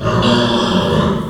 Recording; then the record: squeal of a Yucatan mini pig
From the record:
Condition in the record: after surgery on the right vocal fold (resection and tissue-engineered implant); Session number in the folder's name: 17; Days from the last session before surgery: 195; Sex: female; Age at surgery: 19 weeks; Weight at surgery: 25 kg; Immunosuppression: prednisolone